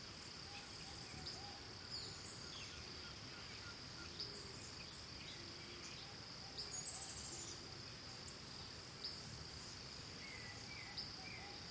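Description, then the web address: Crickets chirping in a steady high continuous trill, with scattered short bird chirps and whistles throughout over a soft background hiss. Ambience recorded in Costa Rica, with birds and crickets. "Big Room Sound Birds Crickets Costa Rica"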